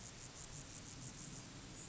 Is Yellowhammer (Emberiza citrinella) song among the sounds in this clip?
no